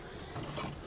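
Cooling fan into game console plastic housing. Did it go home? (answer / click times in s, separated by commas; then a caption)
no / none. An Xbox cooling fan is lined up and pushed into the console's plastic housing, giving a low, muffled rubbing and handling noise that grows louder from about 0.35 s to the end, with no sharp transients. Nothing has seated or clicked yet.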